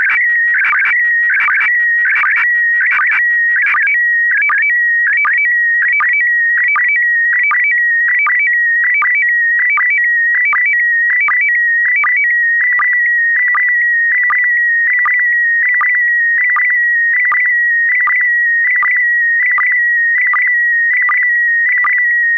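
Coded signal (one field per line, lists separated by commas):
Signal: SSTV (slow-scan television)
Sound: steady high whistle warbling slightly, with regular short low chirps about every 0.75 seconds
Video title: Daily Minutes, 16 december2018 (Nieuws (Engels) + meer dan 10 min. SSTV en data)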